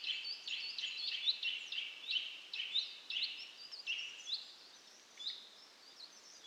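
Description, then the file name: Eurasian nuthatch calls, a series of short sharp whistled notes repeated about twice a second, growing fainter toward the end, over background hiss. "Sitta europaea"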